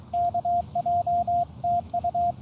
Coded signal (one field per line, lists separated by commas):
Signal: Morse code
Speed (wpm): 23 wpm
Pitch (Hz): 700 Hz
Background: radio noise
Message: KJ TU